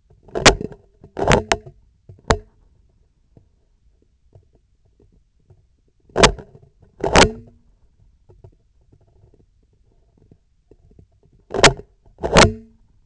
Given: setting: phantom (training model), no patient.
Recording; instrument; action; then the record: laparoscopic instrument, vibration sensor on the handle end; scissors; opening and closing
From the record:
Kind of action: tool actuation without material contact